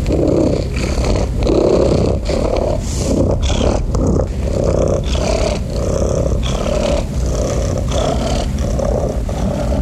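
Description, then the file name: Domestic cat purring: a continuous, deep rumbling drone, loud and unbroken throughout. "SOUNDS FX MASTER - The Sound of a Cat Purring"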